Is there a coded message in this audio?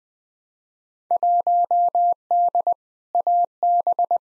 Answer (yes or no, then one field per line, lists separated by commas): yes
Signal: Morse code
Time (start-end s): 1.1-4.2 s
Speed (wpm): 20 wpm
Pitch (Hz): 700 Hz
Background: none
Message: 1D AB